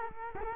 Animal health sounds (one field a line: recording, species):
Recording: mosquito wingbeat signal from an infrared sensor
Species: Culex quinquefasciatus